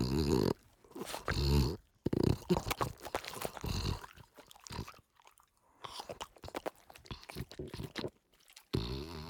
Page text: French Bulldog Snort Sequence. Quick Sounds